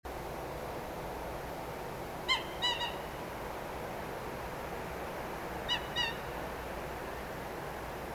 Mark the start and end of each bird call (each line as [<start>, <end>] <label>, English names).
[2.28, 2.89] Eurasian Coot
[5.67, 6.10] Eurasian Coot